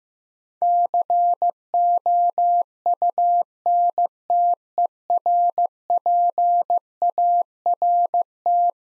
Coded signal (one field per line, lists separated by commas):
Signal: Morse code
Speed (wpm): 15 wpm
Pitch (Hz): 700 Hz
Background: none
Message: COUNTERPART